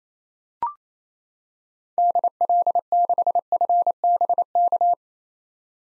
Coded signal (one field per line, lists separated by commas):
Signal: Morse code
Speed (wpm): 28 wpm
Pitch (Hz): 700 Hz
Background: none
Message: DL6FBK